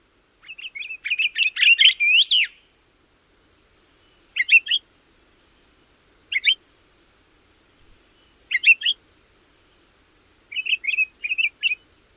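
Pine Grosbeak giving a warbling burst of chirps, followed by four short note groups roughly every two seconds against silence.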